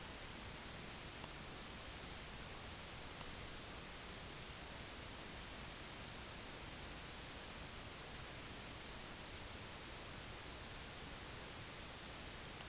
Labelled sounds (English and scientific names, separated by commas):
none